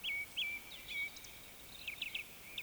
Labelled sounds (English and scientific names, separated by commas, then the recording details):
Eurasian Woodcock (Scolopax rusticola) whistle
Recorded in Baden-Württemberg, Germany, on 20 May 2021 at 19:28 UTC
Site 24606, 635 m above sea level